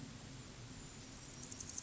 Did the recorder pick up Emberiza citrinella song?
no